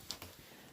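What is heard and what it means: The second ISOFIX connector on the arm of a car seat base latches onto the vehicle's ISOFIX anchor point with a sharp click at 0.1 s, followed by a softer, duller knock at 0.2 s. The base is seated.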